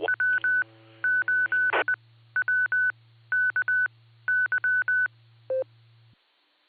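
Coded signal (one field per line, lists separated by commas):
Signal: Morse code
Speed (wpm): 20 wpm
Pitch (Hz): 1500 Hz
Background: none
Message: W 8 W K Y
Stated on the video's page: Barometer Net on a 2 m repeater at 147.39 MHz with 114.8 PL, received on a Flex 6700 with preamp and a 5/8 base antenna.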